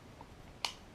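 The thumb bar spool release on a Shimano SLX casting reel is pressed down and latches into free-spool with a single sharp, bright click at 0.6 s. A much fainter tick comes at 0.2 s, and the bar is seated.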